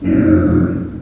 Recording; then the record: squeal of a Yucatan mini pig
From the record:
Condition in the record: after surgery on the right vocal fold (resection and tissue-engineered implant); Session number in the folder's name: 7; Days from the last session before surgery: 47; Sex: female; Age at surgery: 19 weeks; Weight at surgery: 25 kg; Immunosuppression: prednisolone